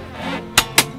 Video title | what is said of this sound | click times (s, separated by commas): Vintage Surfari Wagons Campervan Orientation | hear the click and that'll grab the seat and make it back into a chair | 0.6 s, 0.8 s